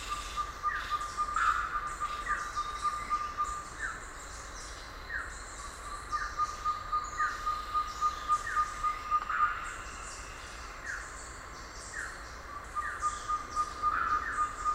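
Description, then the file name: Ferruginous pygmy owl call: several runs of fast, steady whistled toots on a single pitch. Other birds give downslurred notes at intervals, with scattered high rasping sounds. Recorded 30 October 2001. "2001-10-30 Ferruginous Pygmy-Owl"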